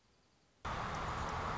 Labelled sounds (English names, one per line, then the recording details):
American Robin
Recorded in Sonoma County, California